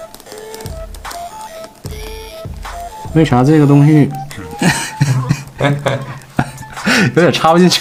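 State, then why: Not seated. Someone tries to push a flexible plastic tube from a 1/6-scale action figure into a small hole behind the gun stock. Small plastic taps from the attempts are heard around 0.2, 0.3, 0.6 and 1.9 seconds while someone talks over background music. Nothing has seated or clicked yet, because the hole is too small for the tube to go in.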